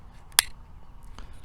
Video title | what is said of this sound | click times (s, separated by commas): Loading a semiautomatic handgun | So, like I said, insert the magazine, make sure you get a click, | 0.4 s